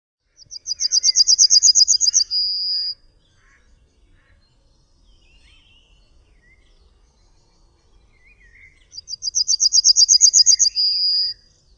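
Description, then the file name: Yellowhammer song, delivered twice about eight seconds apart: a rapid high rattling series of repeated notes ending in a longer sustained note, with quiet gaps between. "TRZNADEL"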